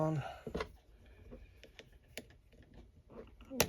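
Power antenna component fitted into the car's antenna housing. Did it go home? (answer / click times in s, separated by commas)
yes / 3.6 s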